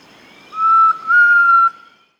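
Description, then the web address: Elusive Antpitta song of two clear sustained whistled notes, the first steady, the second a touch higher and drawn out, then silence. Recorded in South America. "S America Elusive Antpitta (Grallaria eludens)"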